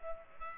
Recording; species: mosquito wingbeat signal from an infrared sensor; Culex pipiens